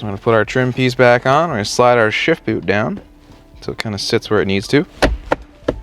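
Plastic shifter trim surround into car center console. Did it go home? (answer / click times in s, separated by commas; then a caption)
yes / 5.3 s, 5.7 s. Someone talks while the plastic shifter trim surround of a 2015+ WRX is pressed back into the car's center console after the shift boot is slid down. Two sharp snaps at 5.3 s and 5.7 s are heard as its clips seat. The trim piece pops into place.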